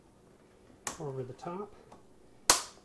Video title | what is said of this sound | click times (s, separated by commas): Customizing Home Depot blinds to fit YOUR windows! - Home Essentials 2" Horizontal Blinds - 2021/41 | here's the little clip that holds the valance on and that just snaps right in you just clip it over the back | 2.5 s